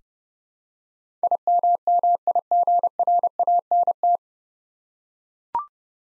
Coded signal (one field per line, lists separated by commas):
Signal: Morse code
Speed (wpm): 28 wpm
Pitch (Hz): 700 Hz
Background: none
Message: IMMIGRANT